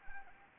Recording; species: mosquito wingbeat signal from an infrared sensor; Anopheles arabiensis